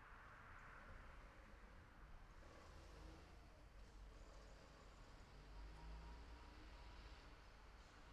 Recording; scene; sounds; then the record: everyday scene through a hearing-aid microphone; in traffic; traffic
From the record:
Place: city secondary road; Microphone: behind the ear, left, rear